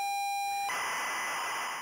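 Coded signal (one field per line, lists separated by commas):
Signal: ZX Spectrum tape loading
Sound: a short steady buzzy lead tone, then an abrupt harsh screeching data warble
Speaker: for people who sort of grew up in the uk in the 80s that was very much instantly recognizable as the loading sound for the zx spectrum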